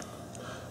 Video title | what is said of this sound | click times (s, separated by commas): Innokin Itaste VTR | open it out and up pop comes your battery with this | 0.0 s, 0.3 s